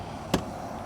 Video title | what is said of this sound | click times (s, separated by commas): 2025 Bennington 22 MFB - MarineMax Greenville | Folds out and locks in place. | 0.3 s